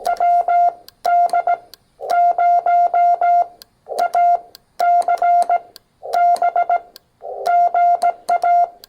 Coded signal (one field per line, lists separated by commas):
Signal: Morse code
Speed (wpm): 16 wpm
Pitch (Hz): 700 Hz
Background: none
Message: WD0ACB GA